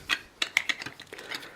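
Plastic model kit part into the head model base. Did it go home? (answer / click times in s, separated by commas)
yes / 0.6 s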